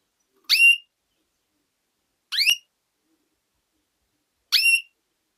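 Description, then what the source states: Canary giving three sharp, down-slurred chip calls, evenly spaced about two seconds apart, with silence between them. Female bird.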